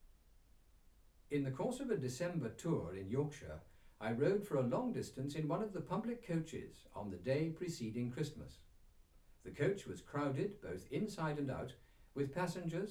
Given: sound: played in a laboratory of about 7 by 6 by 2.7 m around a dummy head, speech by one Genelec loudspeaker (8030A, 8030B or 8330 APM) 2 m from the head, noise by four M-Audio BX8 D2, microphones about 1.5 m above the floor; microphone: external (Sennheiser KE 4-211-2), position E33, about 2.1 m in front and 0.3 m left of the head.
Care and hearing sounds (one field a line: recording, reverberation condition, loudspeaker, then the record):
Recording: male speech in English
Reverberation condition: low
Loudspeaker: 120 degrees to the left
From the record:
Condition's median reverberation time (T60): about 310 ms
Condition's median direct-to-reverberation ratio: about 3.5 dB